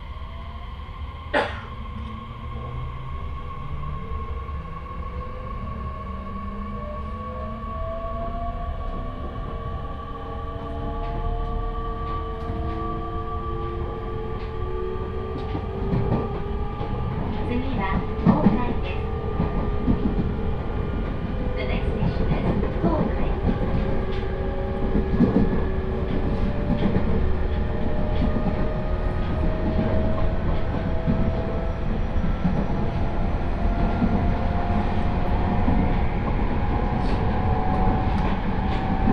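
Inside a moving train, a steady low rumble and clatter of wheels under rising whining motor tones, with a sharp knock near two seconds.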